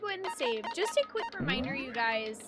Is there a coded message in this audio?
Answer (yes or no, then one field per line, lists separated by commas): no